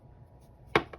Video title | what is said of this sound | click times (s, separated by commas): Diff Building with Evan Roeth | drop that in there until it clicks in. | 0.8 s